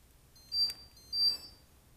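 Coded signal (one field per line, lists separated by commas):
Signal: beep code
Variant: ESC throttle calibration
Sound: two short high-pitched beeps about half a second apart, with a buzzy rasp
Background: low background hum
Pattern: 2 short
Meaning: Full-throttle point accepted; now move the throttle stick down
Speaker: then when it gives me two beeps i go down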